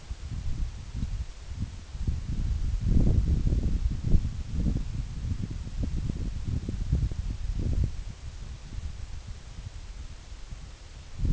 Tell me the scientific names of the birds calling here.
none